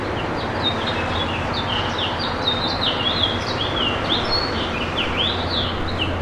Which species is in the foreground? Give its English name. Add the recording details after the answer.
House Finch. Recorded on Long Island, New York, on 7 June 2012. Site GP. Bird A